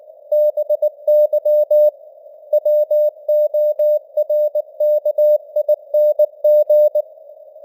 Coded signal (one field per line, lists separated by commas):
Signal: Morse code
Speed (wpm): 19 wpm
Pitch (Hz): 600 Hz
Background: none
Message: BY WORKING